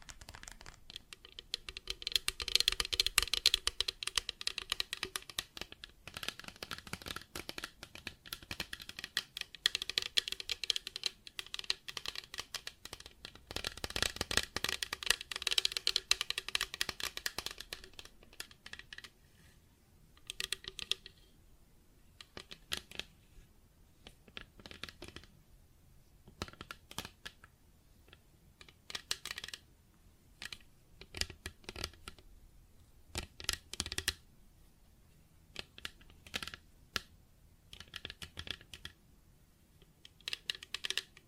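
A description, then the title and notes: Plastic objects tapped and scratched, dense rustling scraping for twenty seconds, then sparser irregular clicks and taps. ASMR Plastic Objects Tapping and Scratching (No Talking).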